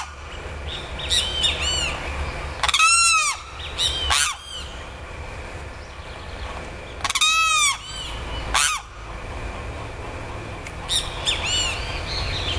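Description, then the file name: Limpkin song: loud, harsh wailing screams with a ringing, arched tone, given in bursts a few seconds apart, with softer calls between them. "canto do carao"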